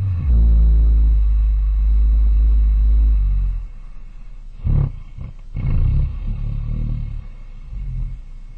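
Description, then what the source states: American black bear snoring: one long, deep rumbling breath, followed by fainter low snuffles and rumbles. Black bear hibernating in winter; one snore or breath roughly every 45 seconds, the snoring showing how often the bear breathes.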